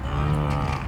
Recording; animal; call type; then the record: contact call of a hoofed animal; cattle; low-frequency (closed-mouth) or high-frequency (open-mouth) call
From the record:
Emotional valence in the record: negative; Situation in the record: full separation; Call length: 0.88 s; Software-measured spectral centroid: 1670 Hz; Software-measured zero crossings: 1000 a second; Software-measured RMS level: -24 dBFS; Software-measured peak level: -11 dBFS